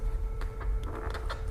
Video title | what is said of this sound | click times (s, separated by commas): uClear installation in Bell Race Star Helmet | even with the magnets you'll get a nice little click as they roll into place there got them yep | 0.4 s